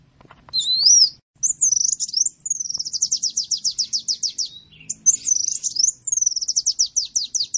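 Bird song with a looping whistled phrase, then long runs of rapid, high, even trilled notes.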